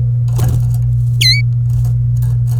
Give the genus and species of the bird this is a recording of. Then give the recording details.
Serinus canaria. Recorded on 27 April 2018 at 09:58. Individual llb3